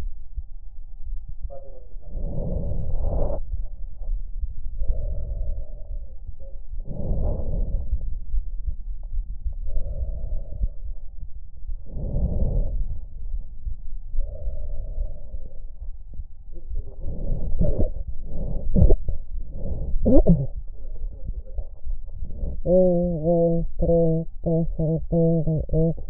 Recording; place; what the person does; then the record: lung sounds by stethoscope; left anterior apical chest; quiet breathing, then cough and speech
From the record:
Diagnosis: interstitial lung disease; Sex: female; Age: 72 years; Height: 158 cm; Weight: 69 kg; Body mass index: 27.6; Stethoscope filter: extended mode